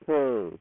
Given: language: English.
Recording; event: throat vibration sensor signal played as sound; speech